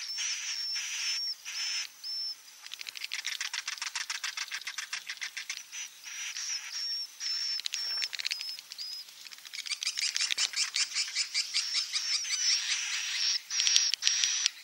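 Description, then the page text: Swiftlet twittering: rapid clicking chatter, with short high whistles repeating in clusters. Roosting ('inap') lure call played to attract swiftlets to swiftlet houses; call style named 'INAP BJA'. "Suara Burung Walet sufar sinar 77 Suara Panggil, Suara Inap Dan Tarik. INAP BJA"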